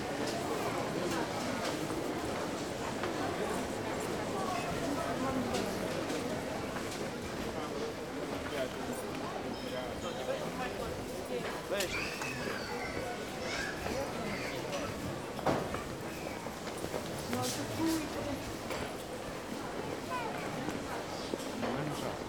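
A busy marketplace full of overlapping voices, a dense steady murmur of many people talking at once. Occasional brief clatters and sharper sounds cut through, one clear knock near the middle, while the crowd noise holds level throughout.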